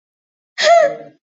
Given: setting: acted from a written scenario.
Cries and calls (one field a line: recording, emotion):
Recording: vocal sound without words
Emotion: disappointment